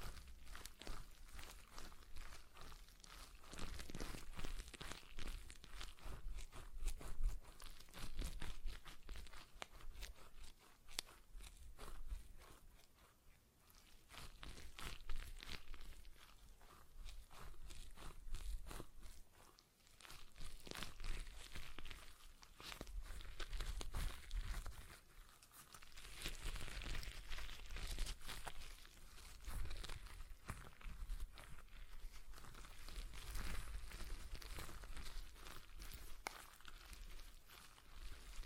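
A stress ball being squeezed and worked in the hand, giving a dense run of crinkly, crunching rustles. The squishing is busy and irregular, mostly bright and scratchy, with brief quieter pauses near 13, 20 and 25 seconds before the handling picks up again.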